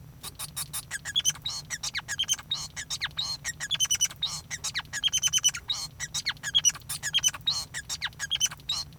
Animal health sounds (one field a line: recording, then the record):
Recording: song of a male Bengalese finch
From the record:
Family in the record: son of father 5